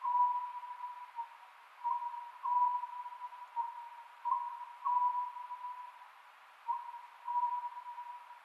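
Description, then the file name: Oriental scops owl giving clipped three-part hooting phrases about every two and a half seconds, set against a constant droning tone and background hiss. Recorded 27 May 2010 at 22:21. "konohazuku 20100527-2221"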